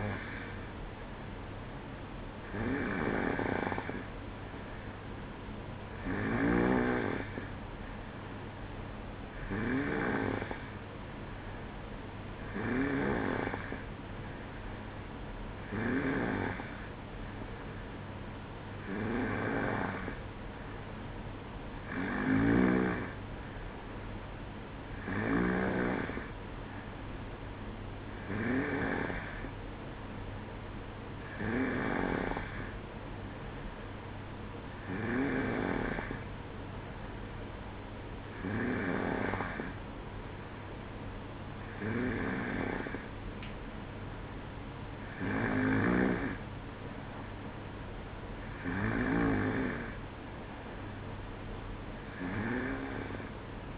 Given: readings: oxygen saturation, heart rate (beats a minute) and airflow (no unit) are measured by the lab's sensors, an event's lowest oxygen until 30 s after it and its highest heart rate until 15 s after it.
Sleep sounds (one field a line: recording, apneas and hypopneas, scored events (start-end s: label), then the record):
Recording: breathing in sleep by a voice recorder at the bedside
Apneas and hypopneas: none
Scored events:
none scored
From the record:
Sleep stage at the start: N2 (light sleep)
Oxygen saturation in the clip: 92 to 93%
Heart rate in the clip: 62 to 65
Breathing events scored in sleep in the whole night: 305 in 9.6 hours asleep